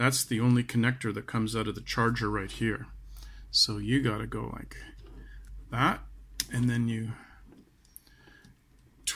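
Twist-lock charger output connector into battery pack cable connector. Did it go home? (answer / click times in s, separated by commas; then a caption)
yes / 9.1 s. Someone talks while pushing the round output plug of a Cycle Satiator lithium battery charger onto the mating battery pack cable connector of an electric scooter, then twisting the locking collar. A few faint ticks come near 7.9–8.1 s, then a strong click at 9.1 s as the twist-lock connector locks into place.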